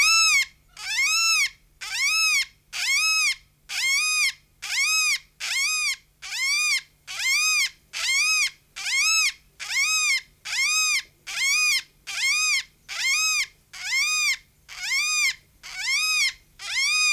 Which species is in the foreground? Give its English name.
Greater Vasa Parrot